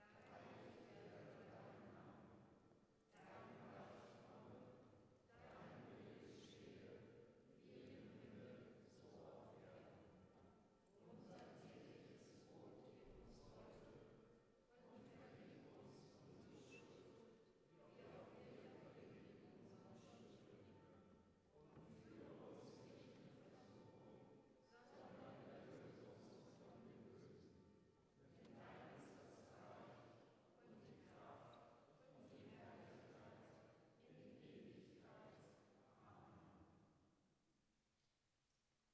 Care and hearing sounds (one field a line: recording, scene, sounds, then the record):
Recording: everyday scene through a hearing-aid microphone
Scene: reverberant space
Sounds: speech, bell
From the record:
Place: church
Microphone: behind the ear, right, rear